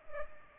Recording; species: mosquito wingbeat signal from an infrared sensor; Culex pipiens